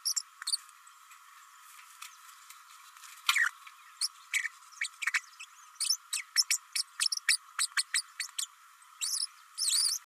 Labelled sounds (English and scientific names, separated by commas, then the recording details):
Green-rumped Parrotlet (Forpus passerinus) babbling
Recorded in a nest box in Venezuela
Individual 18B104A3